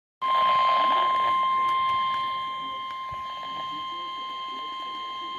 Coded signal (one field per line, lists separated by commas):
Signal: Emergency Alert System (SAME) tones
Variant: 1050 Hz attention tone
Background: speech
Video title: EAS #752 Severe Thunderstorm Warning